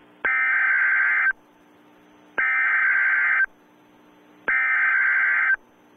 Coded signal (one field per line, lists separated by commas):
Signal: Emergency Alert System (SAME) tones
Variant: header bursts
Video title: EAS Scenario The Unknown